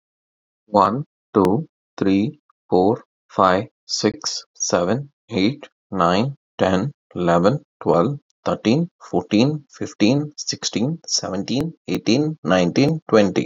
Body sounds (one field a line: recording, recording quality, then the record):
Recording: counting at a normal pace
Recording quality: excellent, no background noise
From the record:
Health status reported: COVID-19 positive, mild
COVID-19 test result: positive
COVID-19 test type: RT-PCR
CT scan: not taken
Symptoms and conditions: cough, cold, sore throat, fatigue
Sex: male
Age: 26 years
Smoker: no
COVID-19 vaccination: both doses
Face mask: not worn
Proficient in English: yes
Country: India